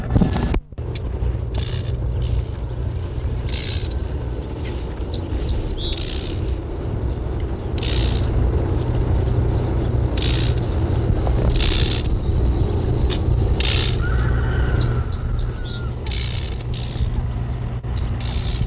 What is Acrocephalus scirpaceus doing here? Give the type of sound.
alarm call